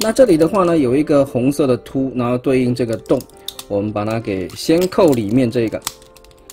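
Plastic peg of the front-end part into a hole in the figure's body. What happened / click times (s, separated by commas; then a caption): The plastic peg is being lined up with its hole but has not clicked in yet / none. During a transformation of an Animated Deluxe Class Cybertron Optimus Prime action figure, the plastic truck-front part is pushed down so its red peg lines up with the matching hole in the figure's body, with the inner side being clipped in first. Someone talks throughout over light handling sounds, and a brief sharp sound comes right at the end of the clip. Nothing has seated or clicked into place yet.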